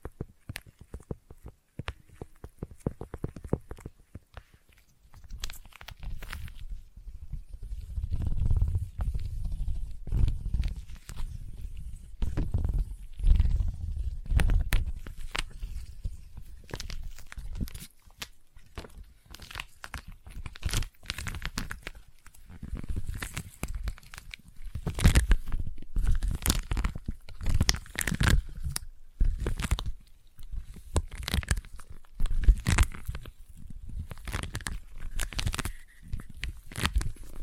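Sticky tapping and sticky triggers crackle and peel in quick, irregular bursts across the whole clip, each sharp tack-like snap reaching bright and high. A soft, low rumbling thump swells beneath the taps, strongest around eight to ten seconds, and the pace stays busy throughout.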